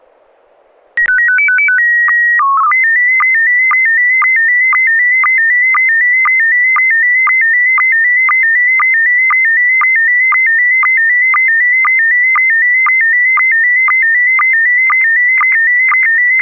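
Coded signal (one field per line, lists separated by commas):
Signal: SSTV (slow-scan television)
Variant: PD 120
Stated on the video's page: SSTV net on a 441.300 MHz FM repeater, sent with MMSSTV software.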